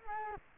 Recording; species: mosquito wingbeat signal from an infrared sensor; Culex quinquefasciatus